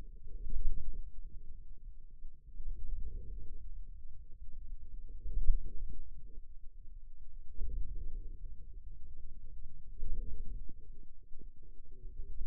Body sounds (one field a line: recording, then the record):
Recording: forearm muscle sounds (acoustic myography)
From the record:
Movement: wrist flexion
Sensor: system 2, bracelet of six BSWA MPA416 microphones around the upper forearm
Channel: 2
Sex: male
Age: 22 years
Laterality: right